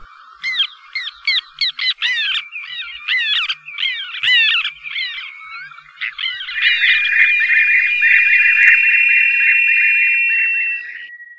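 Black Tern calls: a rapid series of harsh, grating notes in short bursts.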